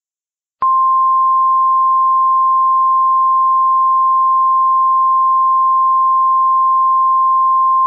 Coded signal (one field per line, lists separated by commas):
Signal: Emergency Alert System (SAME) tones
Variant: 1050 Hz attention tone